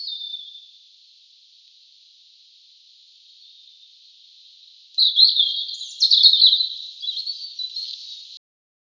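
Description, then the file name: European robin song: a long thin high note fading out, then after a pause a fast, varied burst of liquid, twittering high phrases. "Erithacus rubecula"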